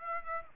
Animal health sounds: mosquito wingbeat signal from an infrared sensor; Aedes aegypti

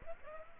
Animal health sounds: mosquito wingbeat signal from an infrared sensor; Aedes aegypti

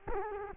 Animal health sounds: mosquito wingbeat signal from an infrared sensor; Culex quinquefasciatus

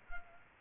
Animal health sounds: mosquito wingbeat signal from an infrared sensor; Culex quinquefasciatus

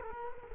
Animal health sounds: mosquito wingbeat signal from an infrared sensor; Culex quinquefasciatus

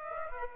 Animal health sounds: mosquito wingbeat signal from an infrared sensor; Aedes aegypti

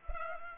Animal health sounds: mosquito wingbeat signal from an infrared sensor; Culex pipiens

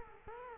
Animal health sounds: mosquito wingbeat signal from an infrared sensor; Culex quinquefasciatus

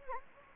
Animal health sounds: mosquito wingbeat signal from an infrared sensor; Anopheles gambiae

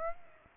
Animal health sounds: mosquito wingbeat signal from an infrared sensor; Aedes aegypti

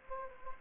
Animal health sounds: mosquito wingbeat signal from an infrared sensor; Anopheles gambiae

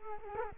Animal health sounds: mosquito wingbeat signal from an infrared sensor; Culex quinquefasciatus

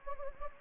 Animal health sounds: mosquito wingbeat signal from an infrared sensor; Anopheles gambiae

